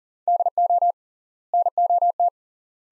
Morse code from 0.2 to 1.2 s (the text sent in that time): DO